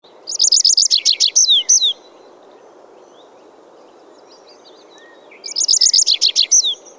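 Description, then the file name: Tree pipit singing two brief phrases, each a quick series of repeated high chipping notes closing with a couple of slurred descending notes, separated by a pause of several seconds. "Ruud van Beusekom - Lesnoj konyok Anthus trivialis"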